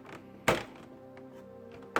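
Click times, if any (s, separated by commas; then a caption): 0.5 s, 2.0 s. A plastic protective guard rail piece is pressed onto the top of a Hasbro Beyblade Burst Rise toy spinning-top stadium, serving as a high barrier in case the tops jump out. Soft thunks are heard as it is lined up, then two loud sharp snaps at 0.5 s and 2.0 s. The rail clips on and is seated.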